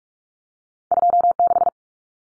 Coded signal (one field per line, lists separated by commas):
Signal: Morse code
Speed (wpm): 44 wpm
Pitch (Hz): 700 Hz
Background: none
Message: 26